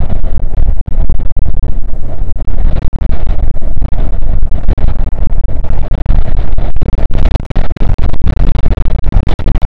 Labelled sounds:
wind
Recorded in the Arctic National Wildlife Refuge, Alaska, on 5 June 2019 at 00:02
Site 48

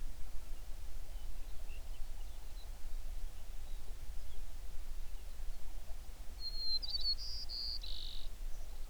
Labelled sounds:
songbird
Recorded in the Prudhoe Bay oil fields, Alaska, on 11 June 2019 at 05:10
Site 21

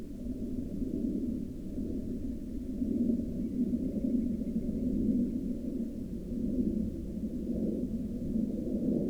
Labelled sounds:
aircraft
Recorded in the Arctic National Wildlife Refuge, Alaska, on 13 May 2019 at 02:15
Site 37

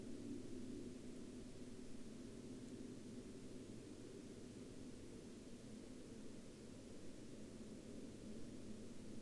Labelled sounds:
aircraft
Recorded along the Dempster Highway, Canada, on 22 October 2020 at 14:40
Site 12

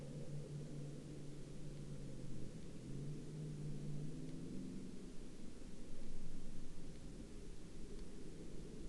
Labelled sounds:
aircraft
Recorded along the Dempster Highway, Canada, on 23 November 2019 at 21:23
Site 21

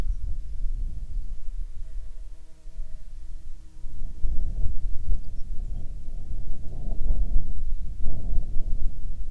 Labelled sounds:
wind, insects
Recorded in the Arctic National Wildlife Refuge, Alaska, on 7 June 2019 at 11:16
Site 33

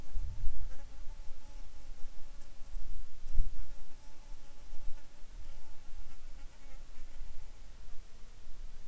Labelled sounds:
wind, insects
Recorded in the Arctic National Wildlife Refuge, Alaska, on 7 July 2019 at 18:32
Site 41

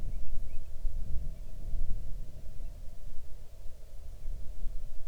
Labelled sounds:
bird, wind
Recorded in the Arctic National Wildlife Refuge, Alaska, on 6 July 2019 at 00:36
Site 39

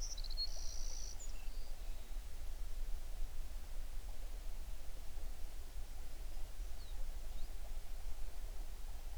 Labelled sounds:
songbird
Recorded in the Prudhoe Bay oil fields, Alaska, on 11 June 2019 at 05:44
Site 21

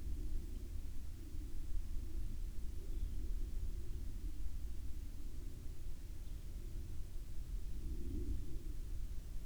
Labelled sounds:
aircraft
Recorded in the Prudhoe Bay oil fields, Alaska, on 31 July 2019 at 09:08
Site 13

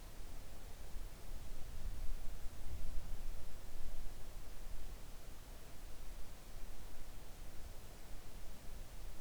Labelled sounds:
near silence
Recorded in the Arctic National Wildlife Refuge, Alaska, on 3 August 2019 at 05:05
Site 41

